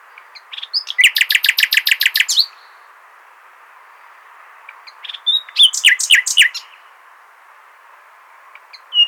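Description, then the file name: Common nightingale singing a fast, evenly repeated trill of bright notes, then a shorter varied phrase after a pause, with brief notes near the end. "Luscinia megarhynchos"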